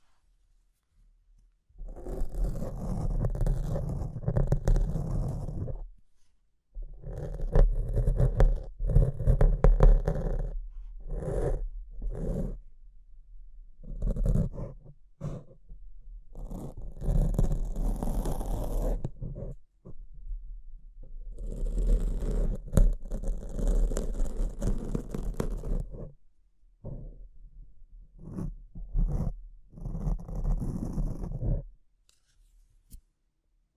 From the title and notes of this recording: ASMR Brain Melting Mic Scratching (No Talking).